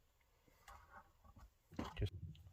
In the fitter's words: But this guy just snaps right in here.